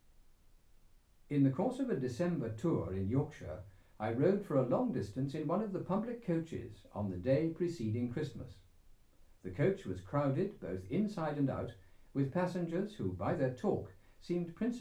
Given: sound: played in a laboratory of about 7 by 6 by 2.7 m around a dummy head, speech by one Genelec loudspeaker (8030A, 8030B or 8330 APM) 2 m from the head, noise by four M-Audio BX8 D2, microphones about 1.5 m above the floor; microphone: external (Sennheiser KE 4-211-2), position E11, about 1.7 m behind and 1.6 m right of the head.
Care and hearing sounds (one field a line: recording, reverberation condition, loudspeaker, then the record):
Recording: male speech in English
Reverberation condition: low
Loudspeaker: behind (180 degrees)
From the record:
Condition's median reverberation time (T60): about 310 ms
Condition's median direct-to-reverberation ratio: about 3.5 dB